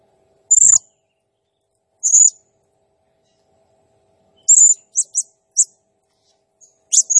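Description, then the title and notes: Blue-crowned hanging parrot calls: thin, piercing high squeaks, single or in short clusters, spaced a second or two apart with silence between. Actively calling bird (gacor, 'nembak' rapid calling), used as masteran training sound and as a lure to excite other birds. "Burung Serindit Nembak Gacor Bikin Emosi Semua Burung. Suara Nasteran Dan Pemikat Burung Serinditan Gacor"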